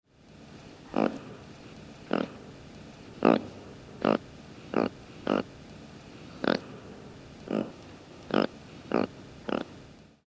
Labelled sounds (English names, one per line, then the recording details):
Mongoose Lemur
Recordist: Tembrock, Günter
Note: Laute